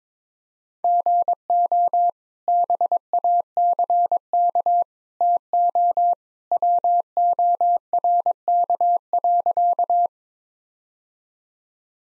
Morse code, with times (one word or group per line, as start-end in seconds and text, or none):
0.8-2.1 GO
2.5-4.8 BACK
5.2-6.1 TO
6.5-10.1 WORK.